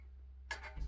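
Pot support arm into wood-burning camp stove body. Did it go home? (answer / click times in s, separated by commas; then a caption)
yes / 0.5 s. A metal pot support arm on a small wood-burning camp stove is moved and locked into a slot position. After a quiet stretch with low hum, a single sharp metallic tick lands at 0.5 s as the support seats in place, followed by softer metallic rattling near the end.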